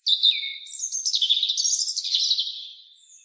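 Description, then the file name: European robin singing a thin, high, rambling phrase: a sustained whistle dropping to a lower note, then a rapid jumble of tinkling, warbled notes fading out. "Erithacus rubecula"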